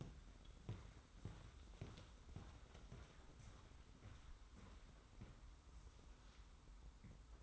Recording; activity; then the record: daily activity, microphone in the room; walk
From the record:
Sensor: 3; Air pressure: 990.6 hPa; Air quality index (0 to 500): 170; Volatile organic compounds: 1000 ppm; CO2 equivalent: 5520 ppm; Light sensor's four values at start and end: 36/87/35/33 and 38/91/37/35